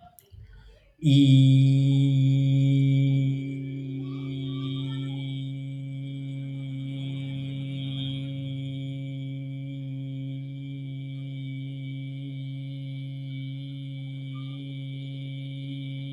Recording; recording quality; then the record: sustained vowel as in beet; excellent, no background noise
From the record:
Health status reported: healthy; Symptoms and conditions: none ticked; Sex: male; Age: 39 years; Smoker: not ticked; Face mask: not worn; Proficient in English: yes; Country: India